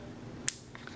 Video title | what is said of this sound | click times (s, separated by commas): Can You Sublimate Mason Jars? - PYD Mini Press Review | you can hear it can you hear it popping | 0.5 s